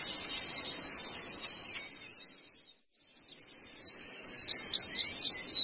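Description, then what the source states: Long-tailed shrike twittering song with a brief pause, then resuming with rapid, high, sharp repeated notes and chatter. Used for training cage birds (masteran).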